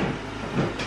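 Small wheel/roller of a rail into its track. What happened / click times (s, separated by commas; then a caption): The part is being handled but has not seated yet / none. A rail's small wheel is handled as it is being fitted into its track, with a steady low rumble and hiss and a slight swell in level around 0.6 seconds. The clip ends just before the part goes home, so nothing has seated or clicked yet.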